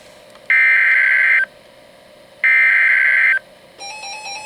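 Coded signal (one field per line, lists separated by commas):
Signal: Emergency Alert System (SAME) tones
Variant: header bursts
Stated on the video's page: Special marine warning received from NOAA weather radio station in Sebring, Florida, issued by NWS Miami.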